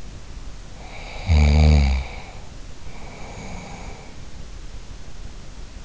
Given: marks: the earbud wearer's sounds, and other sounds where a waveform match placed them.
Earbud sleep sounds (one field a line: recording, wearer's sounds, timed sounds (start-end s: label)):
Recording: sounds in sleep by an in-ear microphone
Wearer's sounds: snoring breath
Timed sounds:
0.70-4.27 s: snoring breath